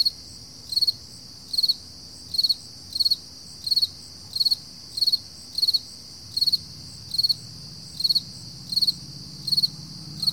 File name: freesound Early Morning Summer Crickets 4 AMJuly 2012